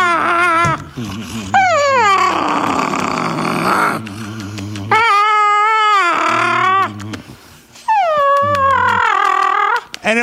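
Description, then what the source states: Dog repeatedly moaning and whining in long, sliding, cry-like phrases broken by raspy grumbles and short pauses. Grumpy; resisting and refusing to move.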